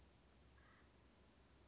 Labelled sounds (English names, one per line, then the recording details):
Acorn Woodpecker
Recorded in Sonoma County, California